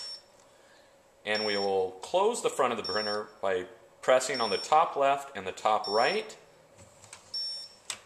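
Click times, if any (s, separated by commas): 7.3 s, 7.9 s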